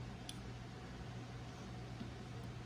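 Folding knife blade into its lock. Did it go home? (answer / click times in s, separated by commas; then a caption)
no / none. A TwoSun TS 127 flipper folding knife is flicked open without much force, and its blade passes the weak detent ball, which is made weaker to allow a spidey flick. Only a brief faint tick at about 0.3 s stands out over steady low background noise. The blade fails to lock open, and nothing has seated or clicked into the lock yet.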